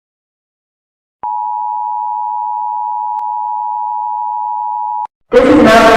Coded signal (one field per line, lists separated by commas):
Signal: Emergency Alert System (SAME) tones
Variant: 853 and 960 Hz attention tone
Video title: Every EAS Alarm From Around The World (4)